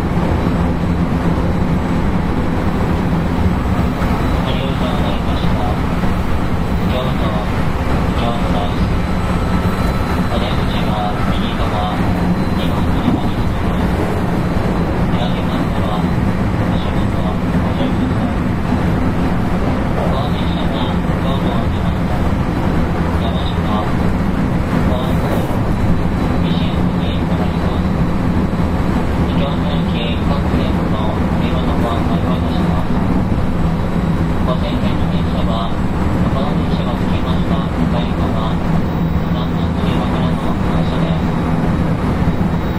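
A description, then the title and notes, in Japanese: An electric train heard running, likely from on board, with a steady, dense low rumble and hum throughout. Brighter hissing bursts recur every few seconds over the rumble, and faint voices come through now and then as the level stays even. JR223系 新快速 新大阪から京都まで。JR西日本 223系電車の走行音です。JR京都線の新快速列車にて収録しました。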